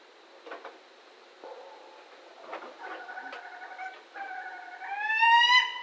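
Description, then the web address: Barred owl calling: faint low notes and a few hoots at first, building to a loud, rising, nasal wail that swells at the end. Recorded on 15 October 2010. "Barred Owl 2010 10 15"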